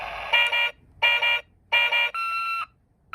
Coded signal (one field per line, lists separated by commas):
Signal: none